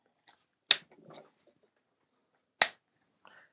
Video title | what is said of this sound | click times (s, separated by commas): Build the 1:8 Scale 1966 Batmobile - Pack 10 - Stages 45-50 | There you go. You heard that click into place, so now that looks just like that. | 0.7 s, 2.6 s